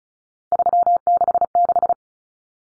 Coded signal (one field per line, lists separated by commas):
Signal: Morse code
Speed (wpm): 34 wpm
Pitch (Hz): 700 Hz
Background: none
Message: 366